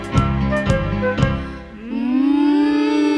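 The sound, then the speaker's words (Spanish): In a children's song, a voice imitates a cow mooing in a stable: one long, low, steady 'mooo' that rises slightly and holds for over a second, following a few sharp percussive hits over musical backing. “Imitemos la vaca de Don Pedro Pablo, esa que muge en el establo.”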